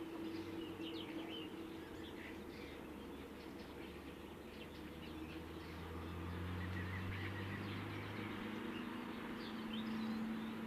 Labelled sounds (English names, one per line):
Eurasian Magpie song